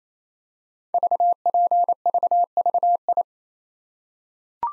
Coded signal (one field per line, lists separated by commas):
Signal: Morse code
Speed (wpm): 27 wpm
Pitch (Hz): 700 Hz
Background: none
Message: VPVVI